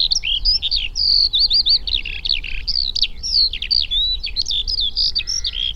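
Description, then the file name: Eurasian skylark pouring out a bright run of high warbled notes, sliding whistles and short buzzy bursts, over faint low background hum. "alauda arvensis"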